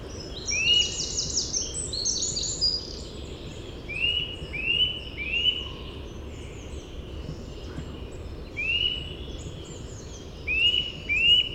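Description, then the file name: Eurasian nuthatch repeating upslurred whistles in loose groups of two or three, with high twittering birds early and a hiss of background noise. "Sitta europaea"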